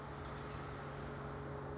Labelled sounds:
California Towhee (Melozone crissalis)
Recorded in Sonoma County, California

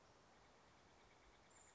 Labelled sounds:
Steller's Jay (Cyanocitta stelleri)
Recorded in Sonoma County, California

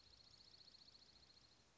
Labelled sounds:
Dark-eyed Junco (Junco hyemalis)
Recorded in Sonoma County, California

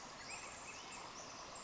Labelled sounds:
Pacific Wren (Troglodytes pacificus)
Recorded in Sonoma County, California

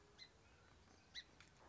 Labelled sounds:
Song Sparrow (Melospiza melodia)
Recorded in Sonoma County, California

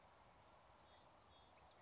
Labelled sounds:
California Towhee (Melozone crissalis)
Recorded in Sonoma County, California

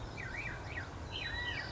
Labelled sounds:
California Quail (Callipepla californica)
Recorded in Sonoma County, California

